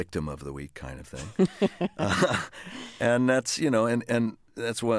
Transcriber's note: laughter